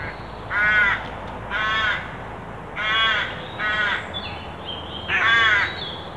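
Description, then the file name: Carrion crow cawing repeatedly, five harsh, drawn-out rasping calls. "Corvus corone"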